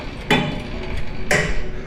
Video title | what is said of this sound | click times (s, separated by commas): END OF YEAR SPECIAL (Last One) - FPPOV - 2025 SCM class ti 120 Tilting Spindle Shaper W/Steff Feed | that click that you hear is the 90-degree lock. | 0.3 s, 1.3 s